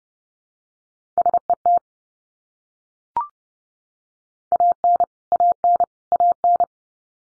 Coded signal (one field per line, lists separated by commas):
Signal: Morse code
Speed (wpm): 30 wpm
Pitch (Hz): 700 Hz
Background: none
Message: SET AN AN AN